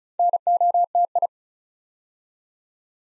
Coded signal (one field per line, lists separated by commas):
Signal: Morse code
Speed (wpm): 34 wpm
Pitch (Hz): 700 Hz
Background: none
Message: NOTI